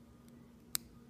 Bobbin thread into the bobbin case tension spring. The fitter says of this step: then towards you underneath the tension spring, until it snaps.